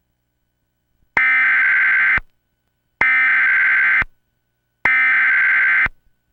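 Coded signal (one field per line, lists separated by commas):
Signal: Emergency Alert System (SAME) tones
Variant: header bursts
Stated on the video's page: Mock re-creation of an NWS Hanford Flash Flood Warning, run through a VCR to look authentic.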